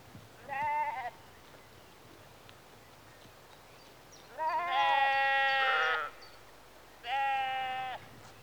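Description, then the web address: Sheep bleats, three wavering harmonic calls, the middle one long and loud, over a quiet background. Sheep in a rural exterior atmosphere, early evening, recorded mid close. "BBC Sound Effects Library BBC 52-Exterior Atmospheres-Rural Backg 10 Sheep Early Evening-Mid Close"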